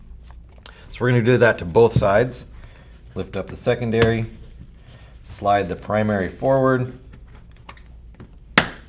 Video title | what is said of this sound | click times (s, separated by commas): Push Unite Paintball Mask - Review | till it snaps lift it out and then we can push our lens out | 8.6 s